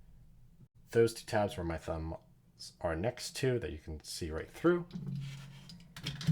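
Someone talks while handling a plastic transforming robot toy, lining up the two tabs of its upper torso section with the matching slots in its lower section to join the two halves. A few faint taps of plastic sound near the end, but the tabs have not yet clicked into the slots and nothing has seated.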